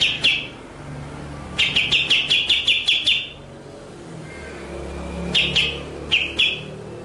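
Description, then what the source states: White-rumped shama song: a fast run of sharp, repeated notes, then a pause and short bursts of the same ringing notes, over a low steady hum. Masteran (training) song in the full ngerol nembak style.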